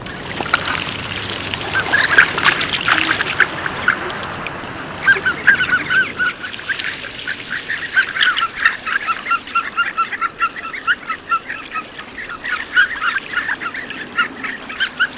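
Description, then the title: Harlequin Duck calls: a rapid run of short squeaky notes, several per second, continuing through the second half over a low background hiss. "vogel der woche. Kragenente"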